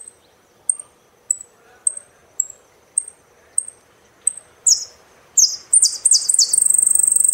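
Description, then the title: Saffron finch: thin high chips repeated steadily, building into buzzy downslurred notes and a long rapid trill. "Jilguero Argentino"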